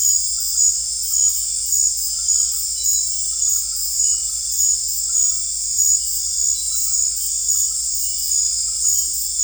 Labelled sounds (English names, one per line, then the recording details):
none
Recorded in secondary vegetation near Puerto Asís, Putumayo, Colombia, on 20 December 2024 at 19:30
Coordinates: 0.481, -76.318
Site G042